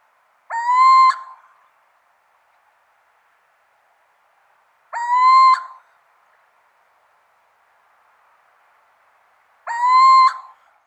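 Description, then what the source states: Little owl repeating a plaintive, rising whistled note three times, roughly every four and a half seconds, with silence between calls. Subspecies vidalii.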